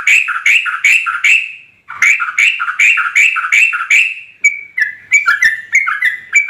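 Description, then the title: Yellow-vented Bulbul song: rapid chattering, warbled phrases in two bursts, then looser whistled notes. Trucukan singing vigorously (gacor) in rapid continuous delivery (ropel), its song filled with material taken from other birds (isian). "TRUCUK GACOR ROPEL ISIAN WAMBHI"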